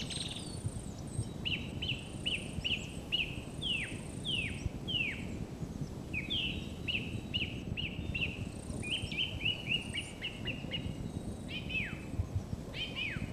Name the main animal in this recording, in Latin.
Turdus philomelos